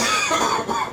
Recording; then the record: coughing mixed with background sound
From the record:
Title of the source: Spring Cold Coughing 2